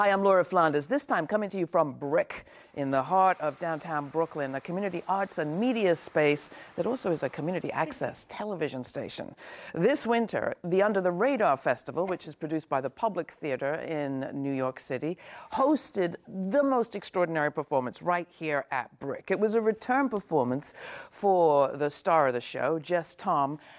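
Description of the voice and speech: A single adult woman speaks fluently in a clear, even broadcast voice at a steady conversational pace, with short natural pauses between phrases, introducing a show as its host. Articulation and voice quality are ordinary, with no repeats, blocks or strain, consistent with typical speech.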